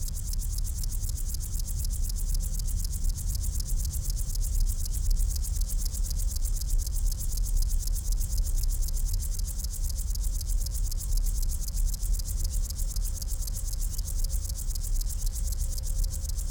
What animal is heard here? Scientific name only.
Chorthippus apricarius